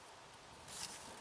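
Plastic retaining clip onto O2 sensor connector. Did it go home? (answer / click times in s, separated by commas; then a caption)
no / none. A plastic retaining clip is slid onto the wiring of an O2 sensor connector. Low, steady handling noise rises into a brighter rustling scrape from about 0.7 s, with a short peak near 0.8 s. The clip has not seated or locked yet.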